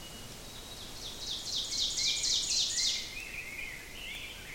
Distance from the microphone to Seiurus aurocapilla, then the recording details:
about 35 m. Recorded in boreal forest in Alberta, Canada, on 4 June 2016 at 06:03. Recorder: SongMeter 3, array SBT-3-51. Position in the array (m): 272 m, 125 m. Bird 28